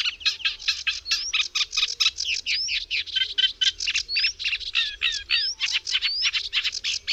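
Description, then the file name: Eurasian reed warbler song: a steady, chattering run of harsh repeated notes, broken now and then by short rising whistled slurs, continuing without pause. "Trzcinniczek"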